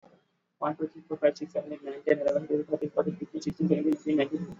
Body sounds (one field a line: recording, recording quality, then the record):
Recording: counting at a normal pace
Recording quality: excellent, no background noise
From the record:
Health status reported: exposed to COVID-19, no respiratory illness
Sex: male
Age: 24 years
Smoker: no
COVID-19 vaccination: both doses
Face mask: worn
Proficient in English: yes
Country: India